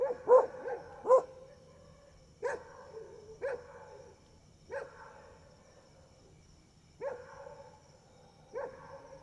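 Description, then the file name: Domestic dog barking: single barks at irregular intervals, with a faint steady high tone throughout. Dogs barking at night, first far off and then close by. "Cachorros latindo longe e depois perto a noite com grilo e morcego"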